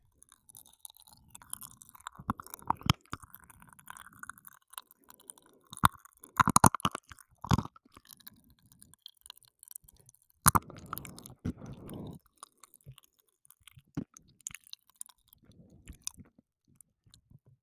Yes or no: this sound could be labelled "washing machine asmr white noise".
no